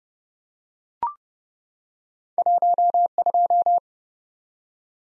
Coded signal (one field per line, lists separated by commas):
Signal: Morse code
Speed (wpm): 30 wpm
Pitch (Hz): 700 Hz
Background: none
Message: 12